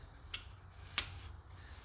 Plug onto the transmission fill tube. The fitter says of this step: Snaps right in there.